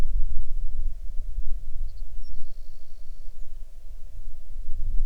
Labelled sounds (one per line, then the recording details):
songbird
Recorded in the Arctic National Wildlife Refuge, Alaska, on 6 July 2019 at 01:09
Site 39